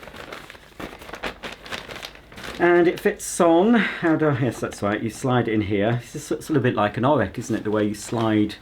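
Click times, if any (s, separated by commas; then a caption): none. A paper vacuum cleaner bag is crinkled and handled as it is put back into the bag holder of a Kirby Tradition upright vacuum, with sharp crinkling sounds from about 0.3 to 2.1 seconds. Someone talks from about 2.6 seconds onward. The bag has not yet been slid in or pushed home, and nothing has clicked into place.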